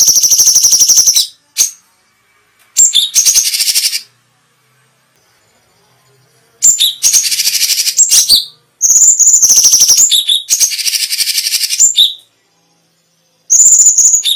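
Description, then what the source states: Cucak cungkok song in loud chattering bursts of fast buzzy notes, with a long pause midway before the bursts resume. Special song bursts ("tembakan istimewa").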